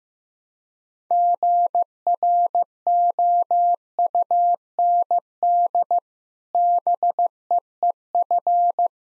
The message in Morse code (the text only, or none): GROUND BEEF